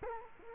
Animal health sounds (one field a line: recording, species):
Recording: mosquito wingbeat signal from an infrared sensor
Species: Culex quinquefasciatus